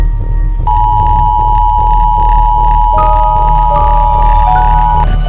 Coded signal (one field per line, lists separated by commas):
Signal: Emergency Alert System (SAME) tones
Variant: 853 and 960 Hz attention tone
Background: music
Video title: EAS Scenario: The Shadow Plague